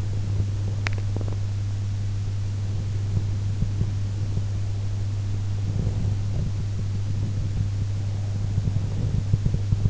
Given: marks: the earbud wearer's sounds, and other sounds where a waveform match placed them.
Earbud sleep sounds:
sounds in sleep by an in-ear microphone; swallowing, breath
0.00-1.87 s: swallowing
5.60-6.86 s: breath

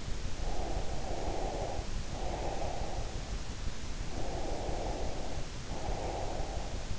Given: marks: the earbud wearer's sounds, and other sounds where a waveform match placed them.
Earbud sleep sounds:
sounds in sleep by an in-ear microphone; breath
0.30-3.46 s: breath
4.07-6.99 s: breath

